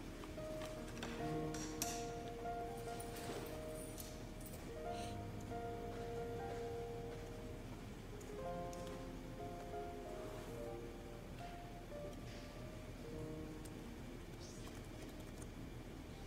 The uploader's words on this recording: Study with me at hogwarts (aka the yale library!).